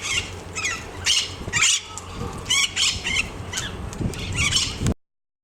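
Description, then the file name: Austral parakeet giving harsh, screechy calls, several in quick succession across five seconds, with a steady low rumble of background noise underneath. Local name cachana. "cachana enicognathus ferrugineus"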